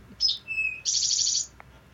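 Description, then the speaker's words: Eastern Towhee song: a high sharp note, then a lower steady whistle, then a fast buzzy trill lasting about half a second. Mnemonic 'drink your tea'; found along woodland edges; forages on the ground flipping over leaves for bugs. "the main mnemonic device I use to remember these is drink your tea."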